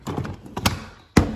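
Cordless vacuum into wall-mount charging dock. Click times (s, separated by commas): 1.2 s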